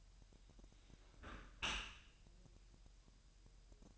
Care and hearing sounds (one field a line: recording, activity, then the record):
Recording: daily activity, microphone in the room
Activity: close dishwasher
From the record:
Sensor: 2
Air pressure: 1000.5 hPa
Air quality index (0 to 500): 247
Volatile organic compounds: 94 ppm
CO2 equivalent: 3713 ppm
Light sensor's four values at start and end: 9/22/9/9 and 9/22/9/9